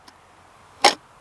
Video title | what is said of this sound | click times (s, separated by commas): JetBoil STASH VS MSR/GSI Cook Set-Up - Plus...How to Cook: Breakfast Sandwich!! | and clicks into place locks into place mine has this one has a | 0.1 s